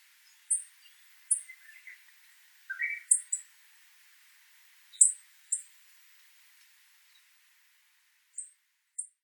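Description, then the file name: Tristram's bunting giving thin, very high, short tsip notes, singly or in quick pairs, irregularly spaced, with a few lower chirping notes mixed in. Recorded at Yoshigai, Nagasaki, on 9 April 2016. "shiroharahojiroc nagasaki yoshigai"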